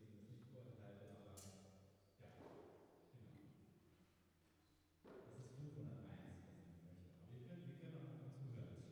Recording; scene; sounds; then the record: everyday scene through a hearing-aid microphone; reverberant space; speech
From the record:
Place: church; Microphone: behind the ear, right, rear